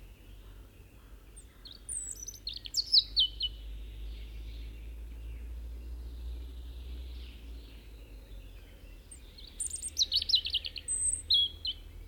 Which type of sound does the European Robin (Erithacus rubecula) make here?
song